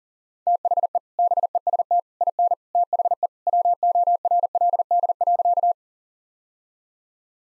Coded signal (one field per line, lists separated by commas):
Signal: Morse code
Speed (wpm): 40 wpm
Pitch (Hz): 700 Hz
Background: none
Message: THE BEST IN THE WORLD.